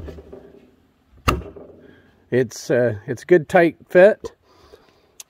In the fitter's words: it literally clicks into place foreign